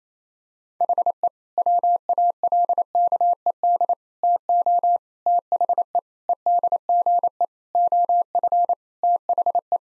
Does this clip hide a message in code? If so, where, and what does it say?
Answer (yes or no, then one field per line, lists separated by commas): yes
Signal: Morse code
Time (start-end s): 0.8-9.8 s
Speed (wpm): 27 wpm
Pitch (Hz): 700 Hz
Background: none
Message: HE WALKED TO THE EDGE OF THE